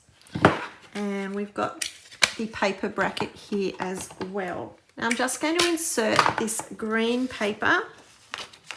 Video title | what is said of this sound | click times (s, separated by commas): Let's Create - Sweet Bunny Tales - Creative Memories. | and the cartridge of course will just slide into this housing unit until it clicks | 0.5 s